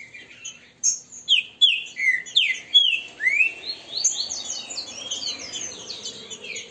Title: Canto De Trinca Ferro. TRINCA FERRO cantando e macheando